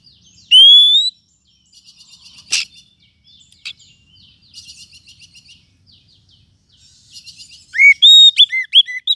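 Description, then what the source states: Lovebird calls: one long rising whistle, soft rapid chattering with clicks, then a fast run of shrill arched chirps. Lovebird call used as a lure to attract lovebirds.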